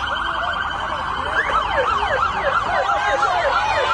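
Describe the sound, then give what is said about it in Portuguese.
A Military Police car siren wails in rapid, repeated rising and falling sweeps as the car drives away through a crowd, starting partway through and growing louder over a steady rumble of background noise, with the surrounding crowd cheering and shouting. “Bom, carro da polícia indo embora e a galera em volta comemorando e gritando loucamente.”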